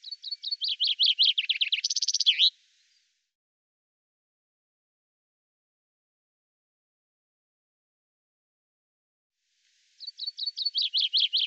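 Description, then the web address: Bird song: a rapid high trill of repeated notes ending in a buzzy flourish, a long silence, then the same trill starting again. "birddata Deverinetal 2025 Bird Fr Co"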